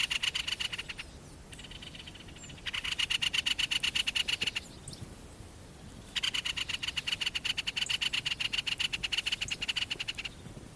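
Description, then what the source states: Great spotted woodpecker giving harsh, rapid rattling chatters in three bursts of about one to four seconds each, separated by short pauses. Harsh scolding chatter call (räksytys).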